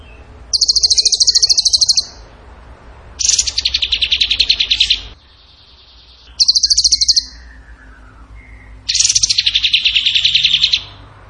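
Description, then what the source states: Bird song in alternating high rattling trills and lower buzzy trills, four bursts with short silences between. Masteran (training song) of a bird singing in the gacor tembakan style.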